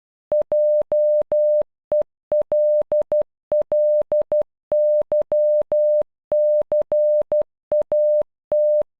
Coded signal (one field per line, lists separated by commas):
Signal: Morse code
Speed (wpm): 12 wpm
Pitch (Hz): 600 Hz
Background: none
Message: JELLYCAT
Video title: Jellycat in Morse code